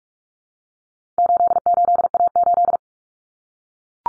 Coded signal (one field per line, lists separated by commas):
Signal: Morse code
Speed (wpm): 44 wpm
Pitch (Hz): 700 Hz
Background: none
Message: 88A8